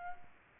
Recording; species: mosquito wingbeat signal from an infrared sensor; Culex pipiens